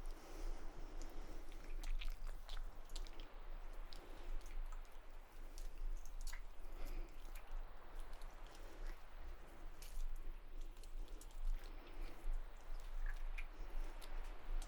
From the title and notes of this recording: ASMR Beach Spa Shoulder, Neck & Scalp Massage Roleplay (With Layered Sounds).